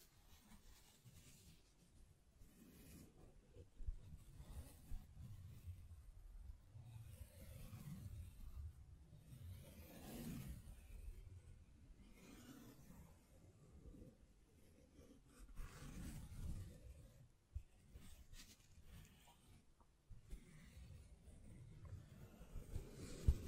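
Hands tap, scratch and brush against a microphone, producing a low, rumbling rustle that swells and fades unevenly throughout. Brighter scratchy bursts rise around 10, 16 and 23 seconds, with sharper taps near 4 and 20 seconds and brief quieter gaps between.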